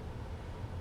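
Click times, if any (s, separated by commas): none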